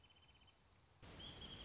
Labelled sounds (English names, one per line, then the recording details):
Wrentit
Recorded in Sonoma County, California